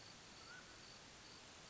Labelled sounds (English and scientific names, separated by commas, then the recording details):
Mountain Quail (Oreortyx pictus)
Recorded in Sonoma County, California